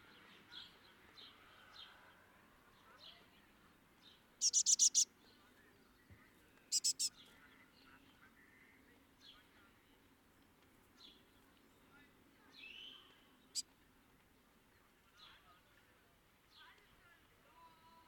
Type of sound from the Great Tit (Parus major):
call